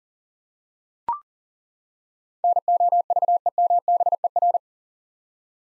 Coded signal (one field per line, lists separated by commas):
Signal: Morse code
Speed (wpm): 38 wpm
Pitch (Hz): 700 Hz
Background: none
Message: NOVEMBER